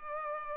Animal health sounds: mosquito wingbeat signal from an infrared sensor; Culex pipiens

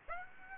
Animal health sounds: mosquito wingbeat signal from an infrared sensor; Aedes aegypti

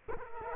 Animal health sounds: mosquito wingbeat signal from an infrared sensor; Culex quinquefasciatus

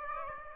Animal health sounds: mosquito wingbeat signal from an infrared sensor; Aedes aegypti

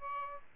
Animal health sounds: mosquito wingbeat signal from an infrared sensor; Aedes albopictus

